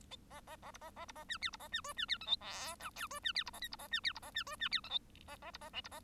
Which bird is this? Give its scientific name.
Lonchura striata domestica